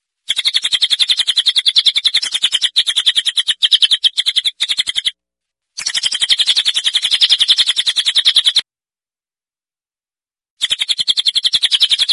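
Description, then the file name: Cililin producing long, very fast buzzy trills of high rasping notes, delivered in several runs separated by short silences. "celilin jenggot gereja"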